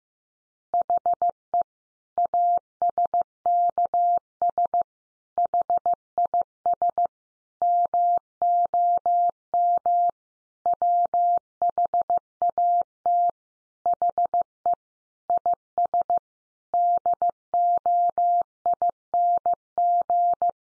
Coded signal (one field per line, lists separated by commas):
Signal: Morse code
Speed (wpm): 15 wpm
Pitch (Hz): 700 Hz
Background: none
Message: HE ASKS HIS MOM WHAT HE IS DOING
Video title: Easy Phrases 15wpm